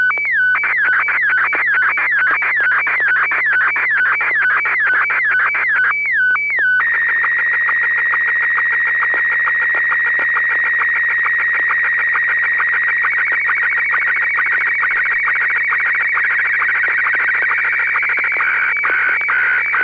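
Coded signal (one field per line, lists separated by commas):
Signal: SSTV (slow-scan television)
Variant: PD120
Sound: rapid repeating falling warbles, then continuous buzzy scanning tones with regular ticks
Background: radio hum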